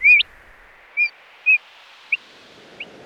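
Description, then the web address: Fire-eyed diucon calls: a few brief whistled notes, the first longer with an upward flick, spaced about half a second to a second apart against faint background hiss. "darwin 2009. Fire Eyed Diucon"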